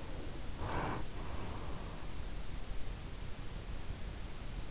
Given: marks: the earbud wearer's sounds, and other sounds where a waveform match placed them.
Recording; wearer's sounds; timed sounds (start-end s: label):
sounds in sleep by an in-ear microphone; breath
0.04-2.18 s: breath